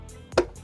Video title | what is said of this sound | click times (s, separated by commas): ESSENTIAL Dipstick & Funnel UPGRADE for your TFSI engine | And if it is in place, you should be able to give it a positive click, | 0.4 s